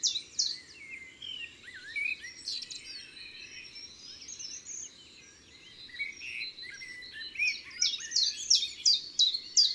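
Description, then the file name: Common chiffchaff starts a quick series of repeated sharp notes near the end, after a long stretch of mixed twittering from other birds. Recorded in woods and forests. "Pouillot veloce Chants doiseaux des bois et des forets"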